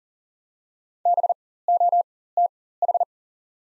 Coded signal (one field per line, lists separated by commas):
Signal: Morse code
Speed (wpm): 42 wpm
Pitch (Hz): 700 Hz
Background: none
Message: BOTH